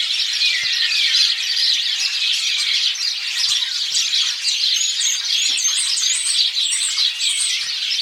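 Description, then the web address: Bird calls in a crowded chorus, constant twittering with high squeaky notes and brief slurred whistles layered over one another. "Deverinetal 2025. Bird Only"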